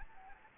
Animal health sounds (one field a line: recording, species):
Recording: mosquito wingbeat signal from an infrared sensor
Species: Anopheles gambiae